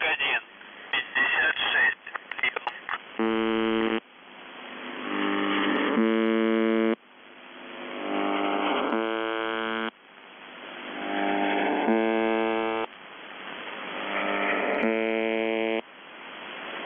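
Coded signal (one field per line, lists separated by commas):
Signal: numbers station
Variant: UVB-76 (The Buzzer)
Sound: harsh low buzz about one second long, repeating every three seconds, five times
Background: radio static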